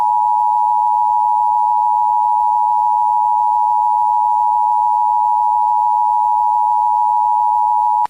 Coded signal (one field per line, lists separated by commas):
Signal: Emergency Alert System (SAME) tones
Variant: 853 and 960 Hz attention tone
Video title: Eas scenario, World War III part 1